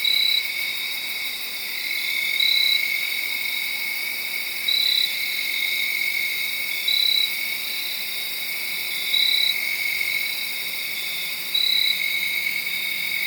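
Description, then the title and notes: Crickets in a steady night chorus, one louder cricket giving short pulsed chirps roughly every two seconds above the continuous trilling. Made around midnight, late Saturday night into Sunday morning, under a tree in Sharon, Pennsylvania. "Crickets (field recording). late on Saturday night/Sunday morning. The location was in Sharon, Pennsylvania, under a tree"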